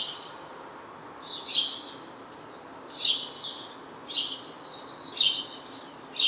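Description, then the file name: House sparrow chirping, notes repeated about once a second, some in close pairs, over a soft hiss. "Passer domesticus"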